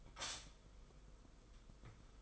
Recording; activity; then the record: daily activity, microphone in the room; stop toaster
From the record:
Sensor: 5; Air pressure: 990.9 hPa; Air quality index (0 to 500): 145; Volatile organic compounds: 128 ppm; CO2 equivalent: 3917 ppm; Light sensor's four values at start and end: 35/112/43/45 and 35/112/43/45